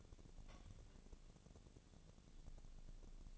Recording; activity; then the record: daily activity, microphone in the room; take from stove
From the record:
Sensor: 4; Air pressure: 1000.8 hPa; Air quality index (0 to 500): 125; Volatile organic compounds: 1 ppm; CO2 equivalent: 938 ppm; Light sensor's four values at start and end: 46/112/47/52 and 46/112/47/52